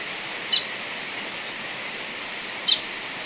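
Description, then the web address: Orange-bellied euphonia giving two short, high, clear call notes about two seconds apart against constant rushing background noise. Ecuador. "Natures Songs S America Birds of Ecuador Orange-bellied Euphonia"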